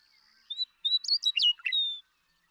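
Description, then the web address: Western meadowlark song: a short whistled opening note, then a quick gurgling, flutey jumble of notes ending in a long, clear, slightly falling whistle. "birdsongforthecurious Western Meadowlark"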